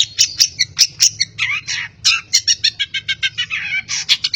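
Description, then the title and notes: Long-tailed shrike song, a rapid run of harsh, buzzy chattering notes with scratchy trills mixed in, low hum beneath. Masteran tutor recording of bird song, used for training cage birds. "cendet. Bermacam macam suara kicauan burung Masteran"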